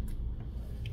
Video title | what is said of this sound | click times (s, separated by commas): Xiaomi redmi 12c screen replacement and disassembly using original display | so press down until you hear that click | 0.9 s